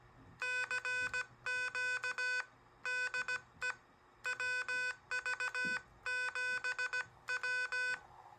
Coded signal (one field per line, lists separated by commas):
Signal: Morse code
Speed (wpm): 16 wpm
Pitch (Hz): 2500 Hz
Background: none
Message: CQ DE WV7W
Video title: N6ARA Paddle Kits For Portable Field Ops